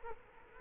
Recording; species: mosquito wingbeat signal from an infrared sensor; Culex quinquefasciatus